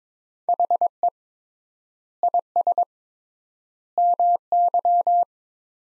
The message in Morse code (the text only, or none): HE IS MY